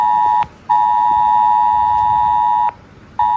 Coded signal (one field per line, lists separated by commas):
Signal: Emergency Alert System (SAME) tones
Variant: 853 and 960 Hz attention tone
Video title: Mobile Emergency Alert System : घबराएं नहीं, इस वजह से आपके फोन आया अलर्ट! | Breaking News | News18